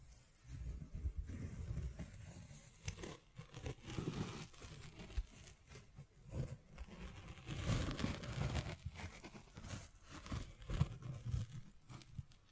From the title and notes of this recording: ASMR Brain NUMBING Triggers Scratching, Tracing, Tapping (No Talking).